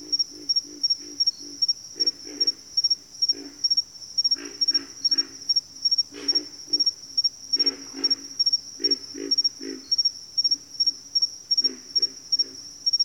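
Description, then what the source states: Pig frogs grunting in low, rough bursts, often in quick pairs or short runs, with a constant shrill insect chorus throbbing above throughout. Bayou habitat; several pig frogs.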